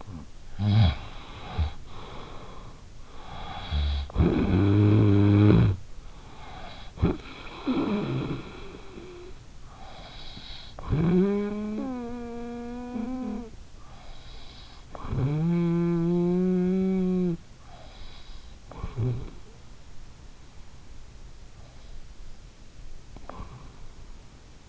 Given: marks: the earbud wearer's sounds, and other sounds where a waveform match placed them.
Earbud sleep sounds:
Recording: sounds in sleep by an in-ear microphone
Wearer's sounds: snoring breath, breath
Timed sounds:
0.00-19.75 s: snoring breath
22.72-24.68 s: breath

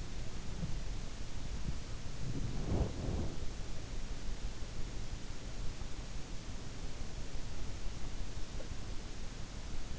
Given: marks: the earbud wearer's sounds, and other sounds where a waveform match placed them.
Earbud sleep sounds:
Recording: sounds in sleep by an in-ear microphone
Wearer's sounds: body movement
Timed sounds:
0.00-5.48 s: body movement

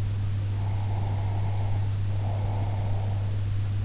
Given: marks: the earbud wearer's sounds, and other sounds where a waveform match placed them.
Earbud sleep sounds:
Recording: sounds in sleep by an in-ear microphone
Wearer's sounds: breath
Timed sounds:
0.58-3.32 s: breath

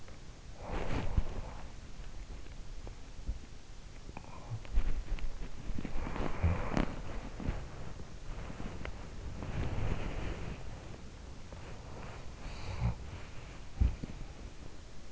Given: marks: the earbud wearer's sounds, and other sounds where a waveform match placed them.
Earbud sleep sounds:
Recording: sounds in sleep by an in-ear microphone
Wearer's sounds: teeth grinding, body movement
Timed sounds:
0.00-0.34 s: teeth grinding
0.57-3.54 s: sound from someone else or the room
0.57-3.54 s: body movement
4.09-15.12 s: body movement
5.68-7.87 s: sound from someone else or the room
12.06-13.53 s: sound from someone else or the room

